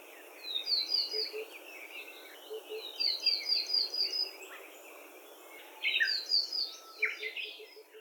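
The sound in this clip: Bird song: a thin high trill followed by varied chirping notes, given three times a few seconds apart, over a steady background hiss.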